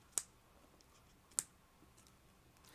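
The magnet on a finished paper flip panel closes onto the matching magnet on a journal page, and the magnetic flap snaps shut. Two loud, sharp clicks sound at 0.2 s and 1.4 s, with only faint ticks between them. The closure seats each time.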